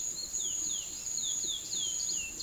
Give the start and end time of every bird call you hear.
[0.00, 2.43] bird call

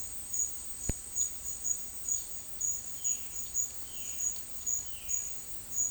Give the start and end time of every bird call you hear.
[2.93, 5.31] bird call

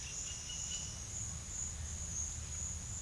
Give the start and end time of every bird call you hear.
[0.00, 0.85] bird call

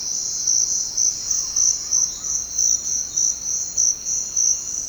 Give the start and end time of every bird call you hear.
[1.35, 2.39] bird call

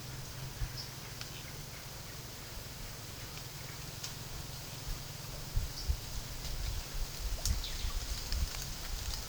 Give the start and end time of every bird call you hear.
[0.66, 0.97] bird call
[1.36, 2.21] bird call
[5.65, 5.90] bird call
[7.58, 8.03] bird call

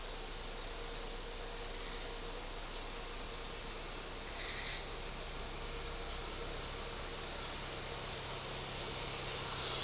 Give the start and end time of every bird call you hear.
[4.39, 4.78] bird call

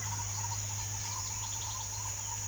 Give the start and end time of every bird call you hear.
[0.00, 2.47] bird call

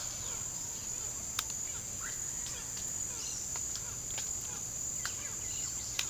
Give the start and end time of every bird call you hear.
[0.20, 6.06] bird call

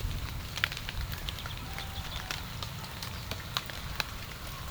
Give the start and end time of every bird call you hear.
[1.29, 2.39] bird call

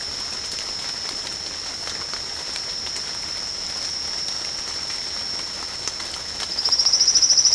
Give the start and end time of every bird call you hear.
[6.46, 7.55] bird call

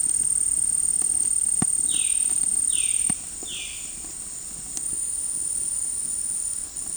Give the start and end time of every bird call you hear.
[1.86, 2.19] bird call
[2.66, 3.08] bird call
[3.41, 3.87] bird call

